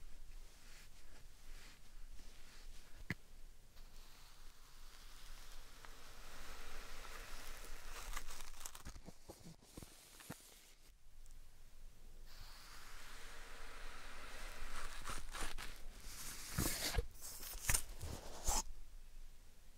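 Slime sand is squished and kneaded in a steady, dense crackling rustle, with sharper bright pops and squelches near three, ten and seventeen seconds.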